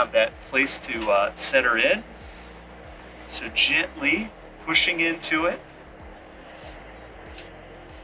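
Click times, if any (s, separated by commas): none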